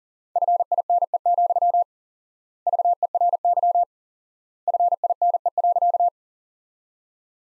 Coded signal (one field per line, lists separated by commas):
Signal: Morse code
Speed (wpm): 40 wpm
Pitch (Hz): 700 Hz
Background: none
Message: FINE, VERY FINE.